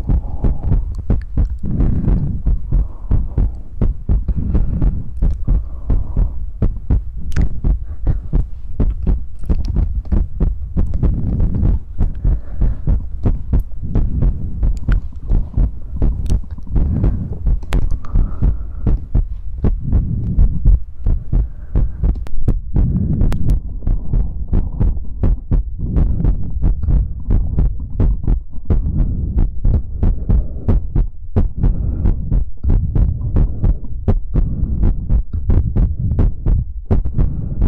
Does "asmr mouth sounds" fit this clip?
yes